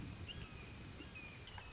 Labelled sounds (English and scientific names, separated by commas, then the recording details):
Red-shouldered Hawk (Buteo lineatus)
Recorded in Sonoma County, California